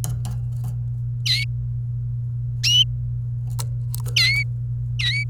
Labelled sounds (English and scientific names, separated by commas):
Domestic Canary (Serinus canaria) song